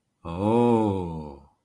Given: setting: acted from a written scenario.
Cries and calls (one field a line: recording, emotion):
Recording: vocal sound without words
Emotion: awe